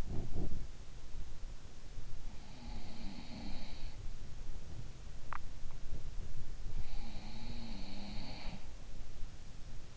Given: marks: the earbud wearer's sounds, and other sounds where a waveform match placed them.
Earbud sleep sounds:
sounds in sleep by an in-ear microphone; body movement, teeth grinding
0.00-0.92 s: body movement
2.18-4.22 s: sound from someone else or the room
5.22-5.51 s: teeth grinding
6.66-8.76 s: sound from someone else or the room

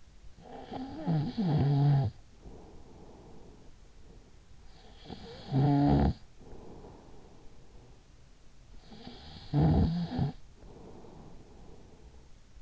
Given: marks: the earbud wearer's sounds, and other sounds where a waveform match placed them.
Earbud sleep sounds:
sounds in sleep by an in-ear microphone; snoring breath
0.00-4.20 s: snoring breath
4.45-8.11 s: snoring breath
8.48-12.62 s: snoring breath

